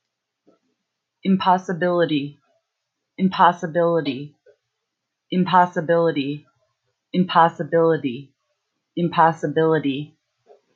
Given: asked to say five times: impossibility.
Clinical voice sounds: repeated word; female; 30 to 39 years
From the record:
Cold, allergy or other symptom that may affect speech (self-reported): yes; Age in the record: 36 years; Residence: United States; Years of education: 16

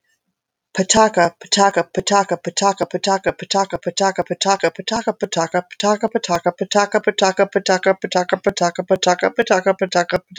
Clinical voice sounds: repeated syllables /pa ta ka/; female; 50 to 59 years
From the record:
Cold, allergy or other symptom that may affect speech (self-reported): no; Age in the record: 50 years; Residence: Minnesota, United States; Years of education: 17

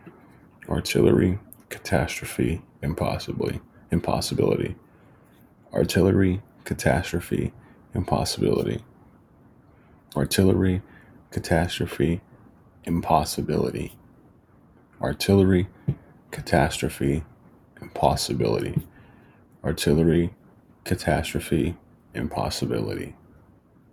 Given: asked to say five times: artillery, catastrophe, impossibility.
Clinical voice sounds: three words, each repeated; male; 20 to 29 years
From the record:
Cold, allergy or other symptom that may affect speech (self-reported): no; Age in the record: 26 years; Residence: Arizona, United States

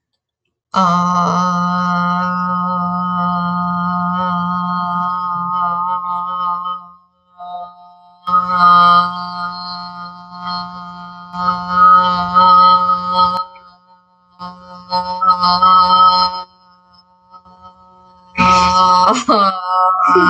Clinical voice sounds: vowel held as long as possible; female; 30 to 39 years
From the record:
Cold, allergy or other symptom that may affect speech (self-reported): no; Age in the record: 35 years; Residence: Utah, United States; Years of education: 17

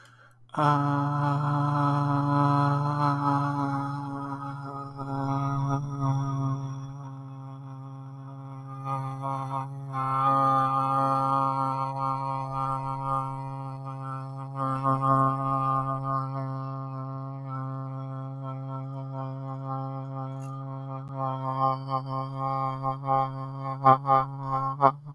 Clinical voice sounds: vowel held as long as possible; male; 20 to 29 years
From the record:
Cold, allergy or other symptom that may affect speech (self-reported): no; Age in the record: 28 years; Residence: Florida, United States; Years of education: 15

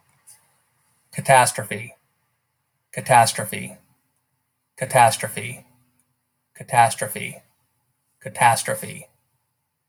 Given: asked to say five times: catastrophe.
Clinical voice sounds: repeated word; male; 50 to 59 years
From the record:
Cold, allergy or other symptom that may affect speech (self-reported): no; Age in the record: 53 years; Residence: Arkansas, United States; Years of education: 19

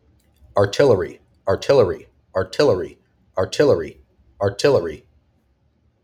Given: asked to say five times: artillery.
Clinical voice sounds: repeated word; male; 20 to 29 years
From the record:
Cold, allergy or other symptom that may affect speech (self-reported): no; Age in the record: 26 years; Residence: Florida, United States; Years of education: 18

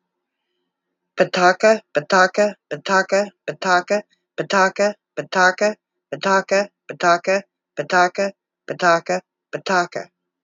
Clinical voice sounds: repeated syllables /pa ta ka/; female; 30 to 39 years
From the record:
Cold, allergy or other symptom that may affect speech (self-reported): no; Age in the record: 38 years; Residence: Texas, United States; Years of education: 12

